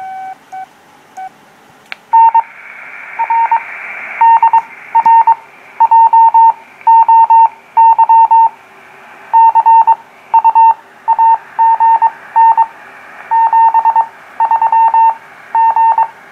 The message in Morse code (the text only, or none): N R DR JOY CUAGN 73 G